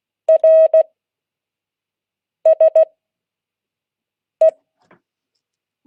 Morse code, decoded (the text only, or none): RSE